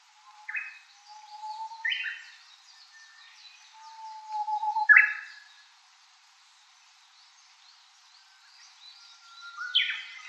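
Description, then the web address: Japanese bush warbler song: several phrases of a low held whistle ending in an abrupt burst, with faint chirping of other birds behind. "ウグイス. arpla 鳥の声研究室"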